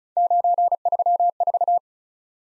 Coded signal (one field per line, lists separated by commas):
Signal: Morse code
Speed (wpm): 36 wpm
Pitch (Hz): 700 Hz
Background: none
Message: 934